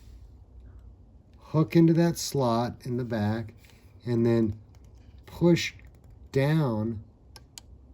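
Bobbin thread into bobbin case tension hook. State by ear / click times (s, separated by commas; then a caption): seated / 7.6 s. On an Elna SU sewing machine, someone talks while the bobbin thread is hooked into the slot at the back and pushed down into the tension spring hook of the bobbin case. A small, sharp click at 7.6 s marks the thread seating in the spring so it won't pop out.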